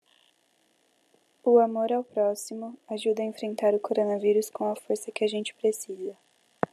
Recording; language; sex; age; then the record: spoken sentence; Brazilian Portuguese; female; 20 to 29 years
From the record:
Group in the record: control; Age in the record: 20 years